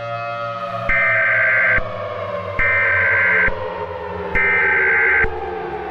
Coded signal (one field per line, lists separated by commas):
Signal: Emergency Alert System (SAME) tones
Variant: header bursts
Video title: Within the Mist 2 | An EAS Scenario